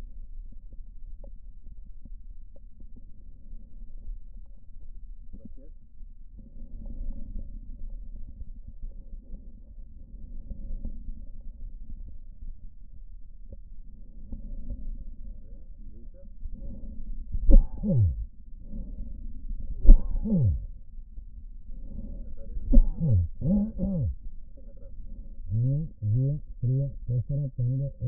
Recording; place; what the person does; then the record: lung sounds by stethoscope; right posterior basal chest; quiet breathing, then cough and speech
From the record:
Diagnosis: pulmonary infection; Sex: male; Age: 54 years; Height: 187 cm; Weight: 95 kg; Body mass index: 27.2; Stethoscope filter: diaphragm mode